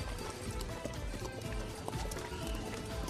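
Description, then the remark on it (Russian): Horse hooves clip-clop on a hard surface outside a shopping centre, where a horse wearing a horse cloth gives children rides, with a rider in hussar uniform beside it. The hooves make a steady, uneven rhythm of sharp knocks against a constant bustle of background noise with faint voices. “Но мальчик уже смотрит на лошадь, которая возле торгового центра катает детей.”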